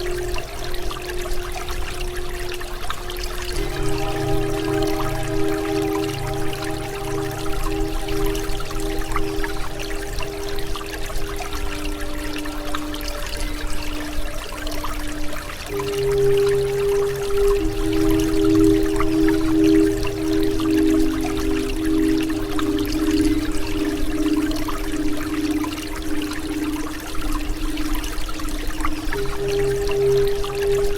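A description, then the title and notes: Tibetan singing bowls ring in long, sustained tones over a constant rush of flowing water. A low humming drone joins near four seconds, the blended pitches shift around sixteen seconds, and the layered tones keep swelling and overlapping steadily to the end. Solfeggio 528 Hz Water Sounds - Tibetan bowls OM Mantra.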